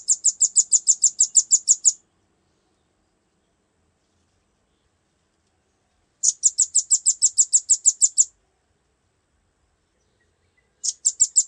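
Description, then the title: Velvet-fronted nuthatch singing shrill, evenly spaced chips strung into two-second trills, a long silent gap between bursts, a third burst starting at the end. "Suara burung rambatan"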